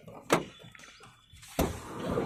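The rear sliding side door of an Eeco CNG 5-seater van is slid closed, with a sharp knock at 0.3 s, then quieter rolling and rattling. At 1.6 s the door latches into the van body with a loud thud, leaving it shut and locked.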